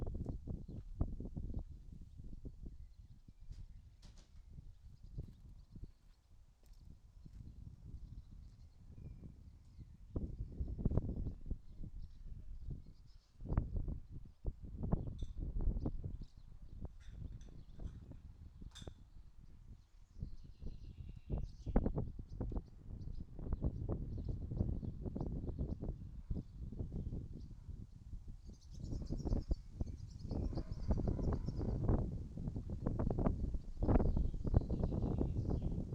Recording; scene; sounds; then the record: everyday scene through a hearing-aid microphone; wind on the microphone; wind, other noises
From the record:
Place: in front of a rural house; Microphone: in the ear canal, right